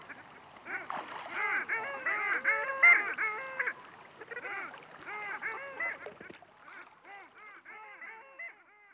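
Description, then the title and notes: Long-tailed Ducks calling in a chorus, overlapping nasal yodelling notes that rise and fall, coming in bursts with brief pauses, several birds calling at once. "Alli."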